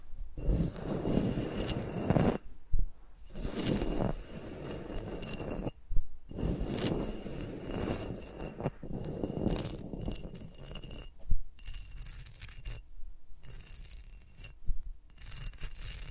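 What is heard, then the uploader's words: Close fingertip sounds rub and scrape against microphones, with dense crackling bursts that come and go every second or two. Brief silent gaps separate the bursts, and thin, steady high tones sit faintly in the background throughout. ASMR with Mics Around My Fingers (No Talking).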